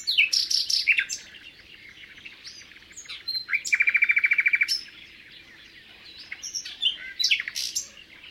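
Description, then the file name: Common nightingale song with sharp chirps followed by a long, even, rapidly repeated trill, then more varied notes. "Luscinia megarhynchos"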